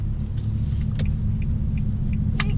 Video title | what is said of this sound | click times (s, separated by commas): $700 MILLION POWERBALL!! - VLOG-036 | You hear two clicks. Alrighty, you're buckled. | 1.0 s, 2.4 s